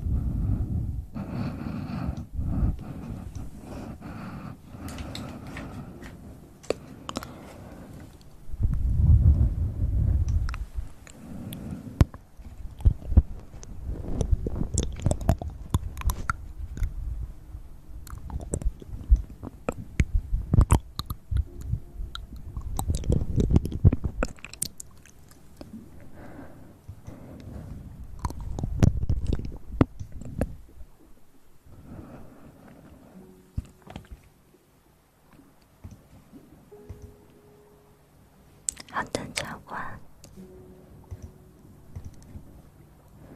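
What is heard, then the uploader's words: Mouth sounds close to the mouth: wet clicks, smacks and chewing-like bursts come densely for thirty seconds, then thin into sparse clicks and quiet. Sounds close to the mouth!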